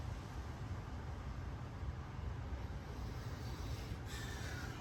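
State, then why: Not seated. A torque wrench with an 18 mm sensor socket tightens a coolant temperature sensor into a Trailblazer/Envoy engine. A steady low rumble fills the clip, with a brief brighter hiss near 4.0 s. The wrench does not click at its setting; the sensor is very tight, so tightening stops there.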